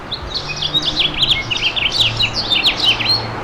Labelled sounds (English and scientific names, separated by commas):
House Finch (Haemorhous mexicanus) song